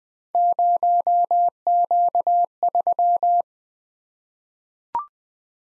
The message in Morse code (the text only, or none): 0Q3